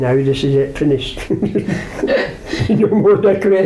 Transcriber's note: laughs